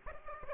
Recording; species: mosquito wingbeat signal from an infrared sensor; Aedes aegypti